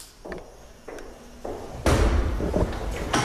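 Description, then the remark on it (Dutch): A few light clicks and clunks of a latch, then a heavy door past a security gate slams shut into its lock with a loud, booming thud that rumbles on briefly before a final click. “We moeten door een beveiligingspoortje en door een zware deur. Als die achter ons in het slot valt, zien we een paar meter voor ons de volgende zware deur.”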